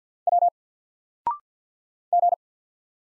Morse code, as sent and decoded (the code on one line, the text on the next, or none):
.-- / --.
W G